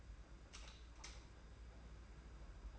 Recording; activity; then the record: daily activity, microphone in the room; light on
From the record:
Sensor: 2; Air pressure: 991.7 hPa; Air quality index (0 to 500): 224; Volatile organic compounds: 1000 ppm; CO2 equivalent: 7505 ppm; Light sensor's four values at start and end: 11/27/10/10 and 11/27/10/10